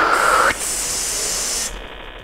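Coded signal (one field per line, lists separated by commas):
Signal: dial-up modem handshake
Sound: short wavering tone, then a loud burst of harsh wideband hiss that softens and narrows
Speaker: Let's test this line. Great. Looks like we can use a pretty good speed. Try and keep your signal strong. You got it. [MODEM HISSING SOUNDS] So at that point, the modems have introduced themselves. They found out what speeds they can communicate at. And they're ready to transmit their data. All of this is called a handshake.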